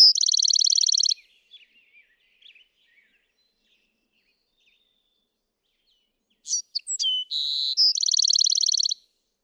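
Bewick's wren song ending in a fast trill, a long silence with faint chips, then another song: high thin notes, a buzzy slur and a rattling trill.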